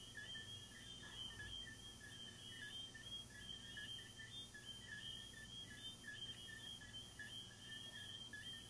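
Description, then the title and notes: Steady pulsing cricket chorus, two layered trill bands pulsing continuously without pause over a low background hiss. Crickets recorded in the recordist's garden, presented as relaxing ASMR. "These are relaxing asmr crickets from my garden"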